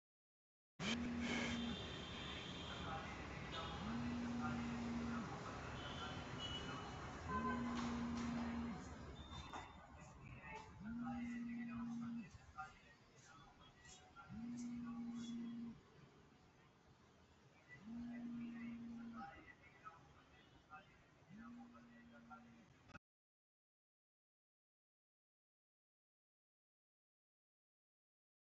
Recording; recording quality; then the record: deep breathing; moderate, slight background noise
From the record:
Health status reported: healthy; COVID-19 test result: negative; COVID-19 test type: RT-PCR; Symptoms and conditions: fever, muscle pain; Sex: female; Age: 45 years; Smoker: no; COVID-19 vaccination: both doses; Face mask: worn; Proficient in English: yes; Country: India